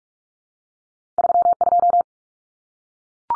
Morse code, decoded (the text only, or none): 32